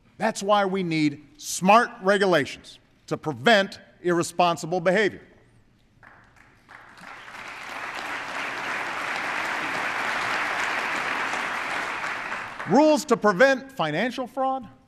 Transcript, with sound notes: That’s why we need smart regulations to prevent irresponsible behavior. (Applause.) Rules to prevent financial fraud